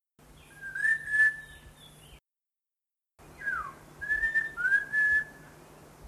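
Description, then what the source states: Bird whistling, pure drawn-out notes, one swooping down and others level or rising then levelling, given in short phrases separated by a silent break, with a low steady hum beneath. Recorded in Papua New Guinea.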